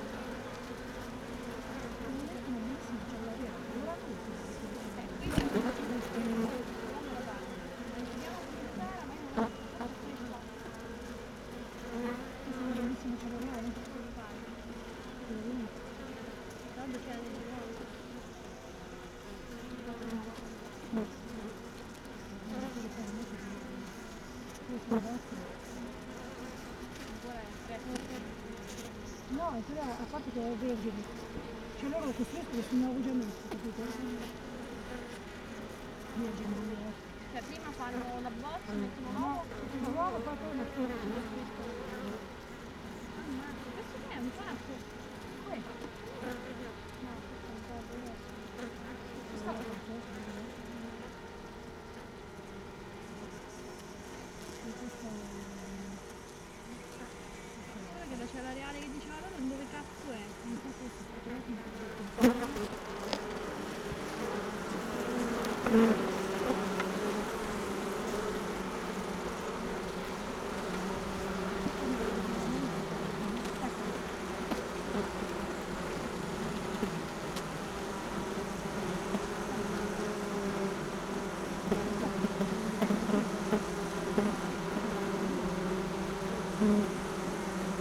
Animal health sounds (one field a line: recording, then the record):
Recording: honeybee colony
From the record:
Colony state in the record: missing queen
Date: 31 May 2018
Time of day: 16:17